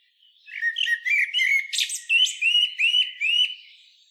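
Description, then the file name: Common blackbird giving a run of short rising notes mixed with squeaky, higher chirps and twitters. "Turdus merula"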